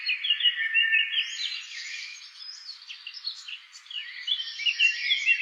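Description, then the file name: Birds chirping and twittering together, a busy tangle of high, quick notes and brief trills that continues without a break. Recorded at Guéret. "Oiseaux Gueret"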